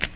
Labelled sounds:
Cape May Warbler (Setophaga tigrina) flight call

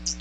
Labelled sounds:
Hooded Warbler (Setophaga citrina) flight call

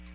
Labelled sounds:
American Redstart (Setophaga ruticilla) flight call

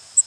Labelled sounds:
Cape May Warbler (Setophaga tigrina) flight call

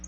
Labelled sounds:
Black-throated Blue Warbler (Setophaga caerulescens) flight call

